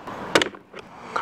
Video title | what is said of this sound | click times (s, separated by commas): Seat Ibiza Mirror - Glass Replacement | it snaps off it feels a bit brutal but that's how it's done | 0.4 s